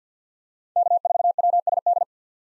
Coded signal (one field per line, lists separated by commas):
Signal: Morse code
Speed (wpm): 50 wpm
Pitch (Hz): 700 Hz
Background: none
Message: K4WSD